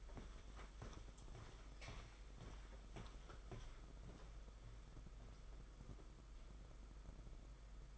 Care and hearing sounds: daily activity, microphone in the room; walk to room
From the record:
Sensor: 5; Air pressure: 991.3 hPa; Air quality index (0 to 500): 92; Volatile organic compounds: 12 ppm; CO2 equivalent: 2336 ppm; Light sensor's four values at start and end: 29/75/33/35 and 35/117/44/47

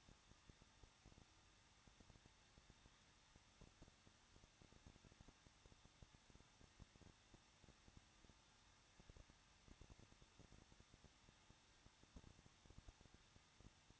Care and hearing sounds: daily activity, microphone in the room; no activity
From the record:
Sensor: 3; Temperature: 21.2 degrees Celsius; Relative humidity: 36.3%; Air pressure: 1006.3 hPa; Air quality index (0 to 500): 222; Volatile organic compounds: 41 ppm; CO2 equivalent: 3161 ppm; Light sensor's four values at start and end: 2/3/2/2 and 2/3/2/2

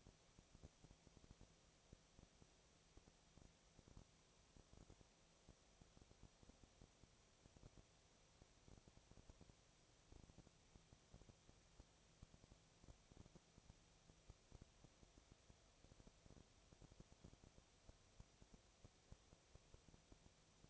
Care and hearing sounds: daily activity, microphone in the room; no activity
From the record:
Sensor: 1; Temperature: 19.8 degrees Celsius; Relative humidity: 37.9%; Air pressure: 998.8 hPa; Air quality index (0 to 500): 233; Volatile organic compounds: 133 ppm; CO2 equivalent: 3942 ppm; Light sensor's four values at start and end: 1/2/1/1 and 1/2/1/1

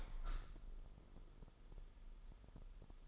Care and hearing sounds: daily activity, microphone in the room; open window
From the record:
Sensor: 5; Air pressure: 995.8 hPa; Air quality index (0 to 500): 104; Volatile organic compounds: 7 ppm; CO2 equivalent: 2017 ppm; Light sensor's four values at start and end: 40/97/39/41 and 40/97/39/41

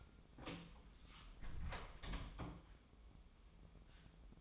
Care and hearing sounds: daily activity, microphone in the room; close door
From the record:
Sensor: 1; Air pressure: 1005.0 hPa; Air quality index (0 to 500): 92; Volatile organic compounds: 2 ppm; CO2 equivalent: 1251 ppm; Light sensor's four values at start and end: 10/25/10/11 and 10/25/10/10

